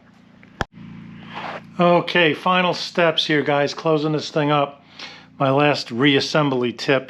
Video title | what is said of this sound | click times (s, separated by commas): 2019 BMW K1600GT Air Filter Replacement. | They kind of snap in place. | 0.6 s